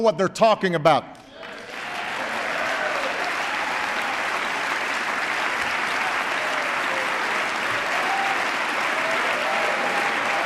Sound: applause

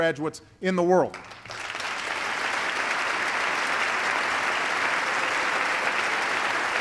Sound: applause

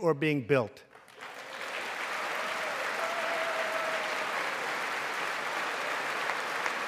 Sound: applause

